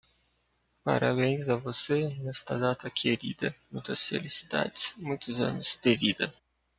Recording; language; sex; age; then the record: short text; Brazilian Portuguese; male; 20 to 29 years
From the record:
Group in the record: control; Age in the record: 24 years